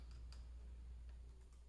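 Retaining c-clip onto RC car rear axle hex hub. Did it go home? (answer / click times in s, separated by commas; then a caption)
no / none. A small metal horseshoe c-clip is handled against the hex hub on the rear knuckle axle of an RC truck, ready to be pressed on. Faint light ticks sound over a steady low hum, the sharpest at about 0.3 s. Nothing has seated or clicked yet.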